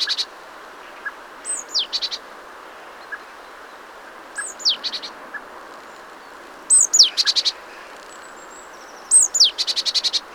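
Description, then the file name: Great tit giving repeated calls: a thin falling note leading into fast rattles of ticks, bouts every few seconds against steady background noise. "Parus major"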